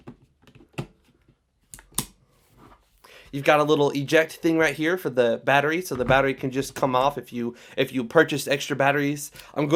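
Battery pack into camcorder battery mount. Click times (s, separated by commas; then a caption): 2.0 s. A battery pack slides into the battery mount of a Sony FDR-AX100 4K camcorder, with small handling clicks and a loud, sharp snap at 2.0 s as it seats in place. Someone then talks.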